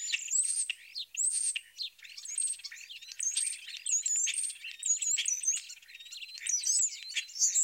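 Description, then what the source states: European Starling song: a dense run of high squeaky squeals, slurred whistles and rapid clicking notes. Several birds giving typical complex vocalizations: high-pitched squeaky squeals, wolf whistles, garbled clucks and clicks; wolf whistle notes aid recognition.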